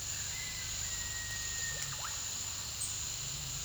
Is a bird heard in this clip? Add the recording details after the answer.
yes. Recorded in pastures near Puerto Asís, Putumayo, Colombia, on 12 March 2025 at 09:30. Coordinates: 0.497, -76.327. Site G072